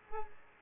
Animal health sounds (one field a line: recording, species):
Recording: mosquito wingbeat signal from an infrared sensor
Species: Aedes aegypti